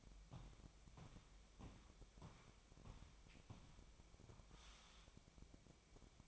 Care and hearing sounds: daily activity, microphone in the room; walk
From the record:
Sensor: 1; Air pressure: 1012.2 hPa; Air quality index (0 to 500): 178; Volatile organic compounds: 3 ppm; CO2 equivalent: 1464 ppm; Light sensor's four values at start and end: 47/130/53/65 and 47/128/52/64

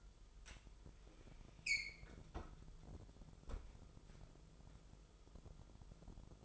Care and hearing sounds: daily activity, microphone in the room; close fridge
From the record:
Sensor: 5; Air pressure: 988.6 hPa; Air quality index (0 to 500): 219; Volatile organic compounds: 123 ppm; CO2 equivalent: 3894 ppm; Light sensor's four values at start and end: 42/127/50/53 and 42/128/50/53

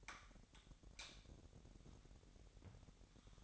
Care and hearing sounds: daily activity, microphone in the room; light off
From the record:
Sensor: 3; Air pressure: 1011.9 hPa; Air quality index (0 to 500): 234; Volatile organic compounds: 5 ppm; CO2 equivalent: 1737 ppm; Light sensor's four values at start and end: 17/43/18/18 and 14/34/14/15

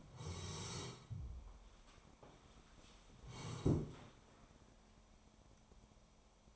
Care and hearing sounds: daily activity, microphone in the room; sit down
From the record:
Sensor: 1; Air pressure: 1015.3 hPa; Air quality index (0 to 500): 156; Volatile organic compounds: 9 ppm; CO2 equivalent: 2166 ppm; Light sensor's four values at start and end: 12/28/12/13 and 12/29/12/13

